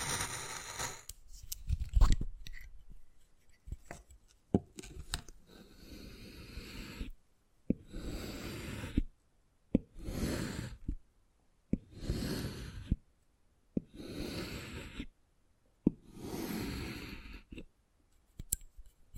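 Wood carving: rhythmic rasping strokes of a tool scraping across wood, each lasting about a second, repeating roughly every one to two seconds after a busier, scratchier start. Sharp little taps and clicks punctuate the gaps between strokes.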